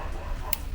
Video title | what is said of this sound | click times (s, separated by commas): FixCamera : เลนส์ Canon FD, new FD ไม่ต้องใส่กับกล้อง ก็เช็คเบื้องต้นได้ ..ไม่ยาก แถมยังดูเซียน | มีเสียงดังกึ๊กเบาๆล็อค | 0.5 s